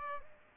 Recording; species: mosquito wingbeat signal from an infrared sensor; Aedes aegypti